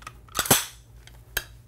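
A collapsible aircraft wheel chock is pushed against an aircraft wheel, and its folding arms unfold and lock into place. A cluster of sharp clicks builds to a loud snap at 0.5 s, and a second crisp snap comes at 1.4 s. The chock ends locked open against the wheel.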